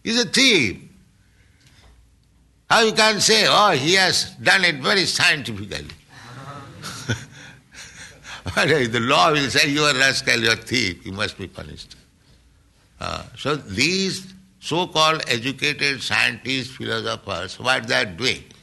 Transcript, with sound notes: He is a thief. How you can say, "Oh, he has done it very scientifically"? [laughing] The law will say, "You are rascal. You are thief. You must be punished." So these so-called educated scientists, philosophers, what they are doing?